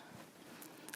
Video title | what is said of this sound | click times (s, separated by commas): Unboxing the Elna 780+ Sewing Machine | and then you press it up and it clicks on as normal so that foot is now rigid it's not going to move when you're quilting | 0.9 s